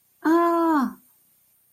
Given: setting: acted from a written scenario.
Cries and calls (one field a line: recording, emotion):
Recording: vocal sound without words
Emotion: distress